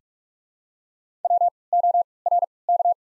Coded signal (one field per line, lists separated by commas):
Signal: Morse code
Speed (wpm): 43 wpm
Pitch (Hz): 700 Hz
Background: none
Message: W O R K